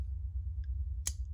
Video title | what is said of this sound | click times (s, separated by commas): NEW KNIFE BRAND YOU’VE NEVER SEEN | it's got that nice clickety-clack when it drops into detent so you've got a nice snap open | 1.1 s